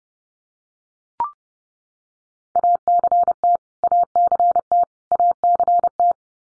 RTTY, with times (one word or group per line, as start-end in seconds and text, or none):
none